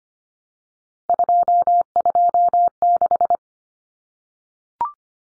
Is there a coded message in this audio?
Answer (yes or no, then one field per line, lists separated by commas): yes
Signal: Morse code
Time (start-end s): 1.1-3.4 s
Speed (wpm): 25 wpm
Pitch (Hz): 700 Hz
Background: none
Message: 226